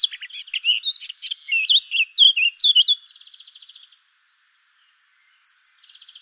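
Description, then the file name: Eurasian blackcap song, a rich, fast warble of fluty and scratchy notes for three seconds, then a fainter run of quick repeated trills and high chirps. "Sylvia atricapilla"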